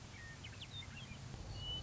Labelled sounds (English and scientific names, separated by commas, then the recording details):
Western Meadowlark (Sturnella neglecta)
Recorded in Sonoma County, California